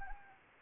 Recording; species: mosquito wingbeat signal from an infrared sensor; Anopheles arabiensis